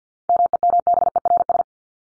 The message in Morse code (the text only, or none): MEMBERS